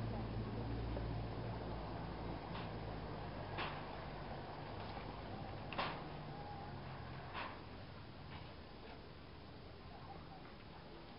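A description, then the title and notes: A steady low engine rumble hangs over the scene as a longboat ferry loads and unloads in the distance. Short clanks and knocks break through irregularly, clearest near six and seven seconds, while faint voices and murmur drift in the background. Laos - Mekong morning sounds. Longboat ferry's loading and unloading in the distance, heard from a small restaurant in the early morning along the Mekong River at Pak Lay, Laos.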